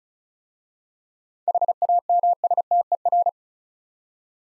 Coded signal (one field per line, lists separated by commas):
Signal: Morse code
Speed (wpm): 36 wpm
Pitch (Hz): 700 Hz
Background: none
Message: HAMSTER